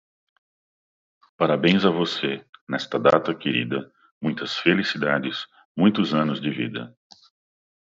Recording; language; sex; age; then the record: short text; Brazilian Portuguese; male; 50 to 59 years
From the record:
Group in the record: control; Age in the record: 59 years